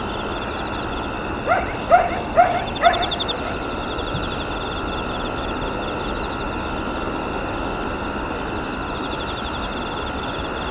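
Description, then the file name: Dog barking, a short burst of several sharp barks between about one and a half and three and a half seconds, then a steady insect drone for the rest. At night in Kashiwa, Japan. "Japan Kashiwa Night Crickets Dogs"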